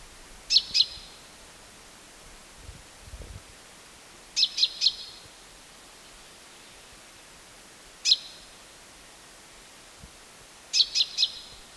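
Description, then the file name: Common chaffinch calls, short sharp high notes given in brisk groups of one to three, repeated every few seconds, with a few faint low thuds between them. "Fringilla coelebs"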